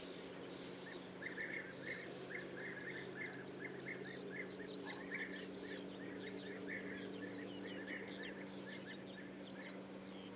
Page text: Пение птиц - Золотистая щурка